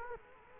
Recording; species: mosquito wingbeat signal from an infrared sensor; Culex quinquefasciatus